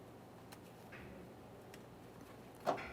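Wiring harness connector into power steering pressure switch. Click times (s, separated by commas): 2.7 s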